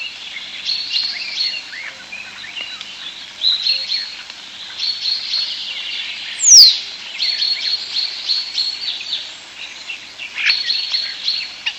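European starling chatter: a continuous jumble of squeaks, clicks and short whistles in bursts, broken by one sharp, high, downslurred whistle midway.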